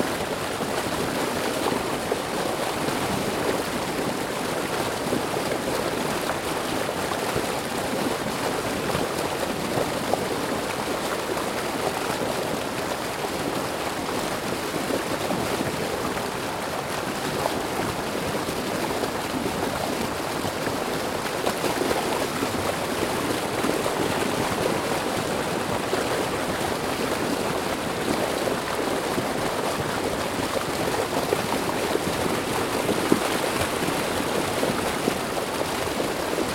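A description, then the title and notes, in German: A mountain river rushes steadily for the whole stretch, a dense, even roar of churning water with no pauses or distinct events. The sound sits mostly in the middle and upper range, hissy, with little low rumble beneath. Bergfluss. Heute hören wir einem aus den Bergen kommenden Fluss zu.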